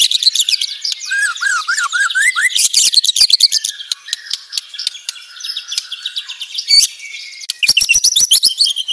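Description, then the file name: White-rumped shama song, dense fast chattering and rattling notes mixed with a wavering whistled phrase, continuous rapid-fire delivery with bursts of sharp clicks. Banjar white-rumped shama, rapid-fire close-spaced song style. "Suara tembakan speed rapat Murai batu banjar"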